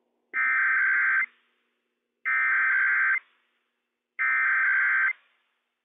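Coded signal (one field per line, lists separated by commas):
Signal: Emergency Alert System (SAME) tones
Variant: header bursts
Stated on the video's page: Required weekly test from Washington State EOC for all of Washington, received on weather radio station WWF56.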